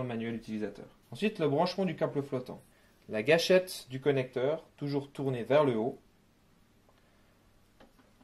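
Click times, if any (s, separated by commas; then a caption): none. Someone talks while the plastic connector of the floating cable is lined up with the socket on a Pentair BlueStorm electric pool robot, its trigger facing up to match the guide on top of the socket before being pushed home. The voice stops at about 6 s, followed by near silence with a faint short sound at 7.8 s. Nothing has seated or clicked yet.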